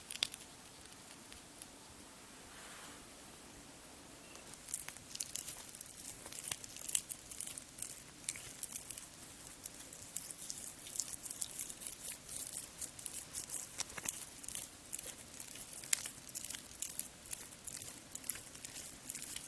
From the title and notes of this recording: TimASMR-Layered Skin Care Sounds (Cleansing, Scrubbing, Tapping, Face Touching, No Talking).